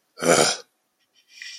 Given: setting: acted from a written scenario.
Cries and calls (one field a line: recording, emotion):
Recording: vocal sound without words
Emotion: anger